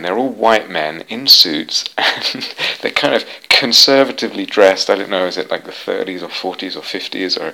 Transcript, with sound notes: They're all white men in suits. [laughs] They're kind of conservatively dressed. I don't know -- is it, like, the thirties or forties or fifties?